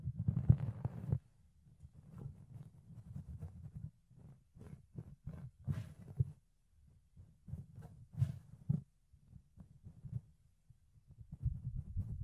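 Fluffy ear cleaning and picking: soft, muffled low rubbing and brushing sounds come in short pulses, roughly two per second, with brief quiet gaps between bursts. Occasional crisp scratches and crackles cut through, notably near the start, around six seconds and around eight seconds.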